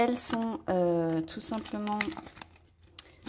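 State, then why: Seated. A snap-on clip closes shut on a small money pouch or envelope holding coins. Someone talks at first, then a sharp, loud snap at 3.0 s marks the clip seating. Once closed, nothing falls out.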